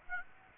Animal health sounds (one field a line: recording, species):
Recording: mosquito wingbeat signal from an infrared sensor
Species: Aedes aegypti